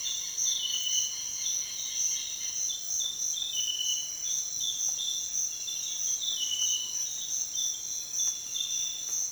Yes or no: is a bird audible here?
no